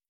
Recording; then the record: hydrophone in a shrimp aquaculture tank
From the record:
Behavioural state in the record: starved